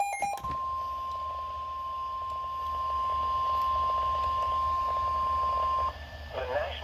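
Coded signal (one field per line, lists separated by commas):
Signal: Emergency Alert System (SAME) tones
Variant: 1050 Hz attention tone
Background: speech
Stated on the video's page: Severe thunderstorm warning SAME alert for central and northwestern Oklahoma, recorded with a Samsung Galaxy S8 phone.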